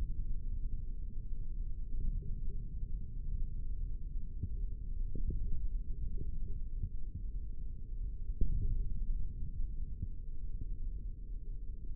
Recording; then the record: forearm muscle sounds (acoustic myography)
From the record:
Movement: index flexion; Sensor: system 3, bracelet of six PUI Audio POM-2738L microphones around the upper forearm, with dedicated amplification and filtering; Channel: 4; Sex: male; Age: 25 years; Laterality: right